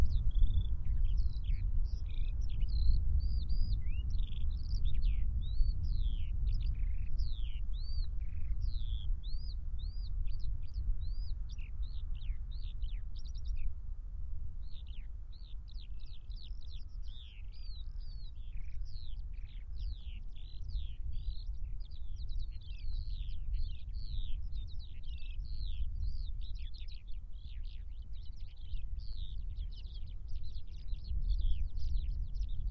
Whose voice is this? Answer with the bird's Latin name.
Alauda arvensis